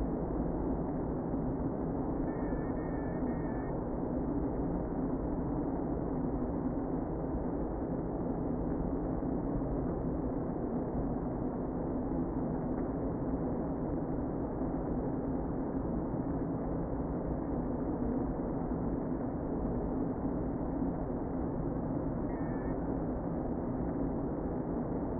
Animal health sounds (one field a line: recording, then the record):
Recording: honeybee colony, microphone inside the hive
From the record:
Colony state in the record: queen present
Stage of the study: before two queens were removed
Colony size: about 60,000 bees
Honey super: yes